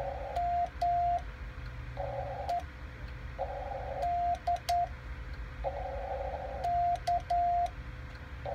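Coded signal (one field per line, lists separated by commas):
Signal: Morse code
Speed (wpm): 11 wpm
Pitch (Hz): 700 Hz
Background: radio noise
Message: MED K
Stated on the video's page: Keyed on a Lionel J-38 straight key and a Vibroplex iambic key, compared.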